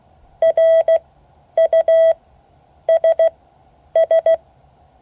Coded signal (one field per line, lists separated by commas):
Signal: Morse code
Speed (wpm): 16 wpm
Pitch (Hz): 650 Hz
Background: none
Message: RUSS